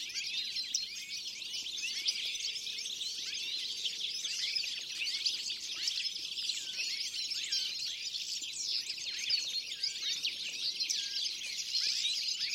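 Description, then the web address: Birds in a busy, unbroken chorus of bright chirps and slurred notes, with a faint steady tone appearing twice in the background. "Deverinetal"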